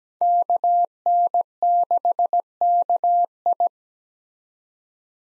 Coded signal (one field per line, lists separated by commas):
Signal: Morse code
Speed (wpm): 17 wpm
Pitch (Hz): 700 Hz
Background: none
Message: KN6KI